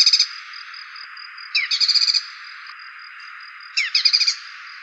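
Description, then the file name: Dark-necked tailorbird song: high, rapid trilled bursts of sharp notes coming about every two seconds, over a steady shrill insect drone. "cinenen belukar"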